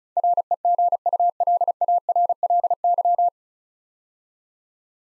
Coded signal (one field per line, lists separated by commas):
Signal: Morse code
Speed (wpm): 36 wpm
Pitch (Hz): 700 Hz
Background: none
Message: REGULARLY